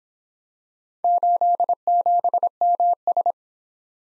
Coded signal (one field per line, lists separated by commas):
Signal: Morse code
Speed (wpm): 25 wpm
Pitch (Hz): 700 Hz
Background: none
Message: 87MS